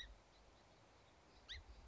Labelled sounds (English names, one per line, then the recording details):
Song Sparrow
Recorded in Sonoma County, California